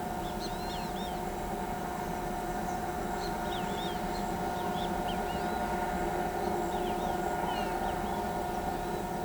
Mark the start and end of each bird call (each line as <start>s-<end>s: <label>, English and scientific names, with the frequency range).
0.23s-1.19s: Great Kiskadee (Pitangus sulphuratus) (2.3-9.3 kHz)
3.21s-5.70s: Great Kiskadee (Pitangus sulphuratus) (2.0-9.5 kHz)
6.72s-8.21s: Great Kiskadee (Pitangus sulphuratus) (1.6-4.6 kHz)